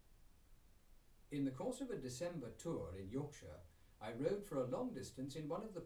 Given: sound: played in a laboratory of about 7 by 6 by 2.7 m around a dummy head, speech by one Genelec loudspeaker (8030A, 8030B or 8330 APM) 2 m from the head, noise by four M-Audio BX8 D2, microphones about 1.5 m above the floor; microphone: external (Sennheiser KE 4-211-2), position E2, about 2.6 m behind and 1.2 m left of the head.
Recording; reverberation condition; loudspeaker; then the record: male speech in English; low; 30 degrees to the right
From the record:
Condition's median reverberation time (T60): about 310 ms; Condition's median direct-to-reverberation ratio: about 3.5 dB